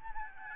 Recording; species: mosquito wingbeat signal from an infrared sensor; Aedes albopictus